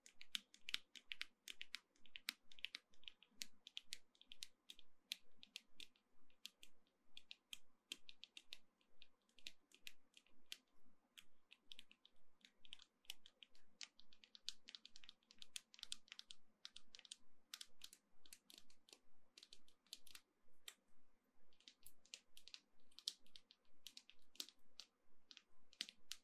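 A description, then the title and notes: Gentle tapping runs steadily through the whole stretch, a dense stream of quick, light, clicky taps much like typing on a keyboard. The rhythm is fast but uneven, with brief clusters and short pauses, and a faint low hum lies underneath. ASMR Gentle Tapping to Help You Sleep (No Talking).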